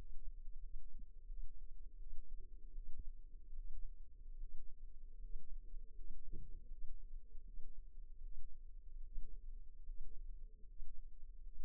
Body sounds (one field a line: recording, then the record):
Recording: forearm muscle sounds (acoustic myography)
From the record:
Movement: rest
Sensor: system 2, bracelet of six BSWA MPA416 microphones around the upper forearm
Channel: 6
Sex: female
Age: 23 years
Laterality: right